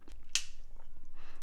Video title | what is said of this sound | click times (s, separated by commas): Transformers Earthrise Airwave | you can feel it snap in, hear it snap in. | 0.4 s